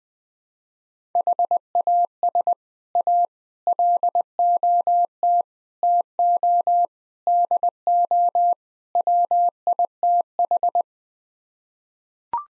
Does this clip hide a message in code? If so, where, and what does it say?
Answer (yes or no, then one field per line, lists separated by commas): yes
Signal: Morse code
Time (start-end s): 1.2-10.8 s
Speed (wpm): 21 wpm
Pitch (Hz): 700 Hz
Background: none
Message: HAS A LOT TO DO WITH